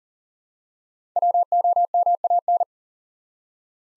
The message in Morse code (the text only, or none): WOMAN